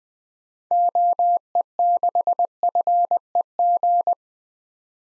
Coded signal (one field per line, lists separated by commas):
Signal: Morse code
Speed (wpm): 20 wpm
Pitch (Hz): 700 Hz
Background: none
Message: OE6FEG